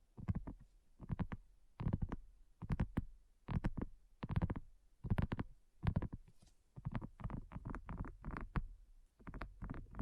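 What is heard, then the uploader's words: Addictive ASMR tapping: quick clusters of soft, hollow taps arrive in bursts roughly every half second to second, each burst a rapid flurry of low, thumpy knocks with a crisp click on top. The rhythm stays busy and irregular throughout, with brief quiet gaps between flurries. ASMR Addictive Tapping. (No Talking).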